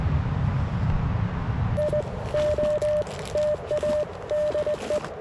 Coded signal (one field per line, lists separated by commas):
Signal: Morse code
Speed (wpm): 20 wpm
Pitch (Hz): 590 Hz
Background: none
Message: IOTA DE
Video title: 10M Loop And 30M Vertical CW POTA Activation